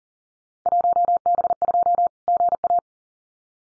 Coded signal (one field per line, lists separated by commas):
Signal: Morse code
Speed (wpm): 39 wpm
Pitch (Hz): 700 Hz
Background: none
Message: 1B2 GA